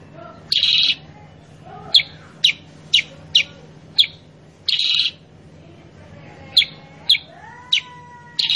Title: Masteran Kutilang Sutra. PANCINGAN AMPUH KUTILANG SUTRA SUPER GACOR SUARA PEDAS